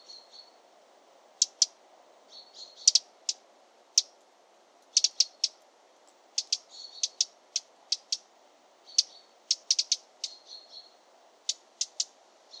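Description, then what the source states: Eurasian wren uttering crisp ticking calls in irregular bursts, some clustered rapidly, others single. Contact calls.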